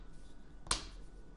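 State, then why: Seated. The outer shell of a Griffin Survivor rugged case is fitted around an iPhone 5 and pressed over until it locks. A single sharp click sounds at 0.7 s against a low, steady background. The shell locks into place.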